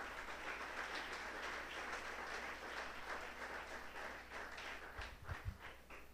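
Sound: audience applauding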